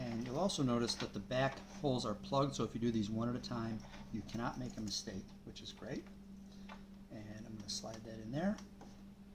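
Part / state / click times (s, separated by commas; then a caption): wire terminal into CDI connector housing / not seated / none. A lead terminal is being handled next to its cavity in the plastic CDI connector housing on a motorcycle wiring harness while someone talks over a steady low hum. Nothing has seated or clicked yet.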